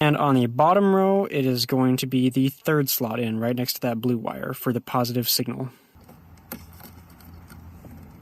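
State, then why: Seated. Someone talks while crimped terminal pins are pushed into the back of the car-side plastic wiring harness connector on a 2009 Honda Fit, into the third slot on the bottom row next to the blue wire for the positive signal. After the talking stops, faint handling sounds lead to a sharp click at 6.5 s as the little locking tab inside catches. The terminal pin is seated in the housing.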